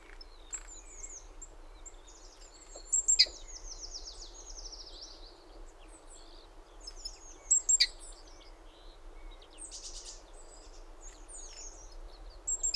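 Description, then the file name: Great tit calls, faint high chirps with a buzzy descending rattle around three to five seconds and sharp ticks near three and eight seconds, over constant low-frequency noise. "Parus major"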